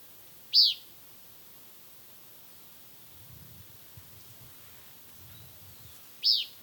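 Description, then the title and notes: Mountain elaenia calls: a pair of crisp, high slurred notes spaced nearly six seconds apart over quiet background with faint low rumbling. Recorded during a bird-watching outing at a viewpoint in Suba, Bogotá, Colombia, on 23 March 2025. "Audio grabado en el Mirador de los Nevados, localidad Suba, Bogotá. Avistamiento de aves hecho el 23 de marzo del año 2025 con el grupo ABO. Se registraron una Elaenia frantzii (Elaenia de montaña), una Myiothlypis nigrocristata (Reinita crestinegra) y un Zonotrichia capensis (copetón)"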